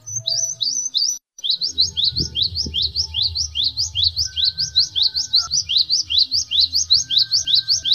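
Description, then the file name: Atlantic canary song: fast, regular series of rising whistled notes, about two or three per second, changing pitch partway through, over a low steady hum. Canary singing Indonesian trained song with 'isian glawing' filler material. "suara kenari isian glawing omkicau"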